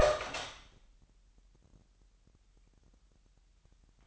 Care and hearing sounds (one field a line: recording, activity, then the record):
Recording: daily activity, microphone in the room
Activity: open door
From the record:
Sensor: 3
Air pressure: 998.4 hPa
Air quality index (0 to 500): 140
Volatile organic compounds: 4 ppm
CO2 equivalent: 1682 ppm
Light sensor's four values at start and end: 16/47/19/17 and 16/47/19/18